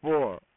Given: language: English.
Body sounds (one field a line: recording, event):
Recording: throat vibration sensor signal played as sound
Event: speech